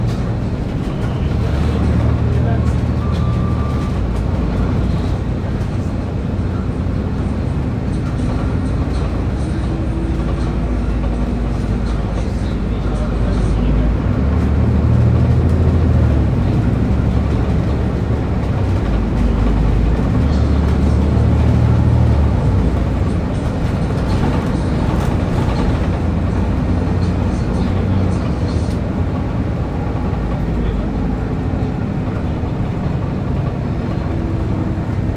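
A bus ride rumbles on with a steady, heavy low engine drone throughout, swelling slightly louder around 14 to 23 seconds. Faint voices and occasional rattles and clicks sit above the drone, with brief brighter bursts near 25 to 28 seconds.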